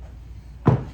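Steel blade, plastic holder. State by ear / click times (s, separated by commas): not seated / none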